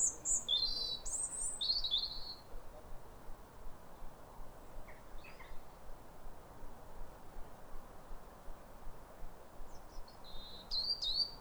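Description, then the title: European robin song: thin, high warbled phrases with sweeping notes near the start, a pause, then another wistful phrase near the end, over a steady low background hiss. Pair of robins in neighbouring gardens singing a duet at a clear, calm rosy sunrise on New Year in winter, after weeks of rain; countryside. "Sound Escape 150: Be uplifted by a chorus of New Year's robins"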